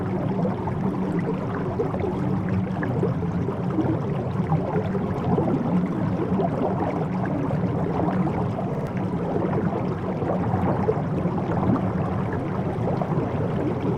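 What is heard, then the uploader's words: A steady underwater rumble fills the recording, dense and unbroken, with most of its weight in the low and low-middle range. Countless small bubbling pops and gurgles flicker through it constantly, while the overall level holds even from start to finish. Underwater Bubble Rumbling Noise.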